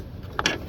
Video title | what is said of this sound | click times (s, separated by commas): How to install Bevinsee V55 Series LED Bulb | then you take your harness and you want to go ahead and push it until you hear that snap | 0.4 s, 0.5 s